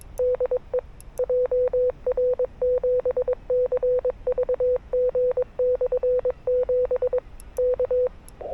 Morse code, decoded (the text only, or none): DE JR7CVG/7 K